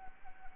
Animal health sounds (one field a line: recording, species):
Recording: mosquito wingbeat signal from an infrared sensor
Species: Anopheles arabiensis